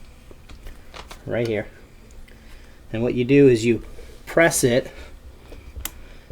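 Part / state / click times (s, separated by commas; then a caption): fuel line quick connector on motorcycle fuel tank outlet / released / 5.8 s. Someone talks while pressing the release on the plastic quick-connect fitting of the fuel line at the motorcycle fuel tank outlet, under the tank of a KTM/Husky 300. A sharp, bright click at 5.8 s marks the connector releasing open.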